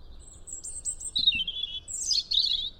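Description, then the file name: European robin giving high thin whistled notes, then a descending warble and a rapid scratchy trill, over faint background noise. "Erithacus rubecula"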